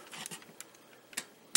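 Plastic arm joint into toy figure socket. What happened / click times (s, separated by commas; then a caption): The plastic joint snapped into its socket / 1.5 s. A stiff plastic arm joint is pushed into the socket of a TFC Toys Prometheus figure after several failed tries, with small ticks and scraping clicks along the way. At 1.6 s the joint finally pops in with a loud, sharp snap and is seated.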